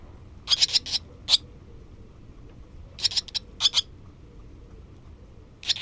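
Barn swallow calls: clusters of quick, sharp high chirps in short bursts separated by quiet gaps, with a soft low rumble behind.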